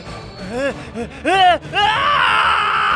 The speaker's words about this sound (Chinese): 他凄厉地喊叫起来，就像之前他捏断沙旺和素琪的脖子那样，发出了渗人一样的叫声，但这个叫声更为尖利愤怒，仿佛从深渊处传来，咆哮着意图做最后的挣扎。